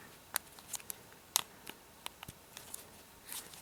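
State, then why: Seated. The rubber outer layer of an OtterBox Defender rugged case is pressed over the top and around the edges of an iPhone 5. Short sharp snaps are heard at 0.4, 0.9 and 1.4 seconds, with fainter ticks after. The case edge snaps into place and is seated.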